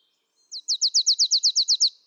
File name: Poecile palustris